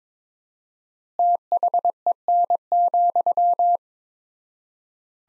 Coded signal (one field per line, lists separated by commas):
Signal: Morse code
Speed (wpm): 22 wpm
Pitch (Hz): 700 Hz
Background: none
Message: THEN,